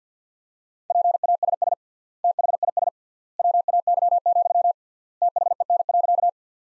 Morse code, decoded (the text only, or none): PASS THIS WAY, THEN.